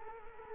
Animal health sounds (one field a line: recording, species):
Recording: mosquito wingbeat signal from an infrared sensor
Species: Culex quinquefasciatus